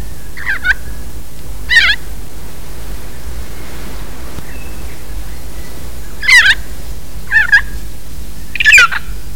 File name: Kaka